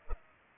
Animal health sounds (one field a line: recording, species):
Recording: mosquito wingbeat signal from an infrared sensor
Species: Culex pipiens